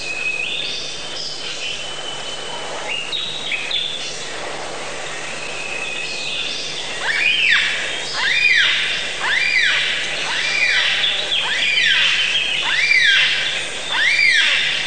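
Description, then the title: Bird song, varied whistled phrases followed by a series of loud arching notes repeated about once a second. Many different bird sounds. "Bird Sound Effects पक्षी लगता है"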